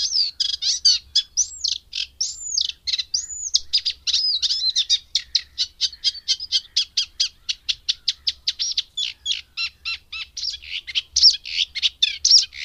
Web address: agykontroll Madardalok Cd 3. Cserregő nádiposzáta